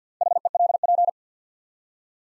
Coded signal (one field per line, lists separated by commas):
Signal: Morse code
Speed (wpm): 48 wpm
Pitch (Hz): 700 Hz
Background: none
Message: HELP